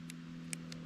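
A metal file bit is pushed into the holder of a Rocktol 29-in-1 fire knife companion multitool until it clicks and locks in place at 0.5 s. Two fainter ticks come at 0.1 and 0.7 s over a steady low hum. The file bit ends up seated and locked.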